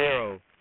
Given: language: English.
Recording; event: throat vibration sensor signal played as sound; speech